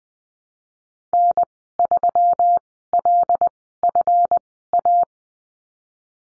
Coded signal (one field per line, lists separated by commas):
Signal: Morse code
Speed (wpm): 20 wpm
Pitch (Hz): 700 Hz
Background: none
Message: N 3 L F A